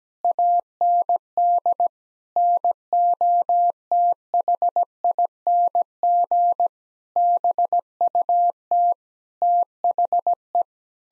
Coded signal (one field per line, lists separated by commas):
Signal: Morse code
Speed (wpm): 17 wpm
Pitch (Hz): 700 Hz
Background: none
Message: AND NOTHING BUT THE